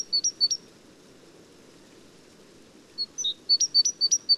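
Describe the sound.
Great tit singing: a couple of high ringing two-part notes, a silent gap of about two and a half seconds, then a quicker run of repeated two-note phrases.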